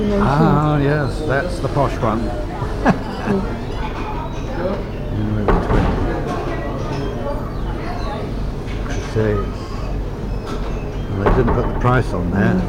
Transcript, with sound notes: Ah, yes. That's the posh one. [laughs] That's erm, they didn't put the price on there.